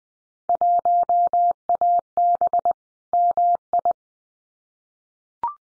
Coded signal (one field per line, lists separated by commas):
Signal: Morse code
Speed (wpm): 20 wpm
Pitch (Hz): 700 Hz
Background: none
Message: 1AB MI